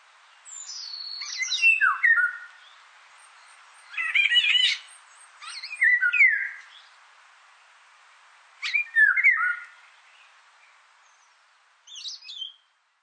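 Indian golden oriole singing five separated phrases over about twelve seconds, each mixing fluty downward whistles with harsher scratchy notes, and quiet gaps between them.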